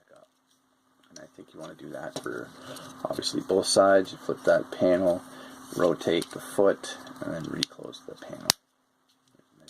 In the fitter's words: Nice little click there.